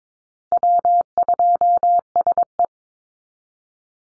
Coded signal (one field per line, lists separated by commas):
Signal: Morse code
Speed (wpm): 22 wpm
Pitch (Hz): 700 Hz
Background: none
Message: W2SE